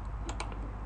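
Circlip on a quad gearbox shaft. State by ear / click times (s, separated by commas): not seated / none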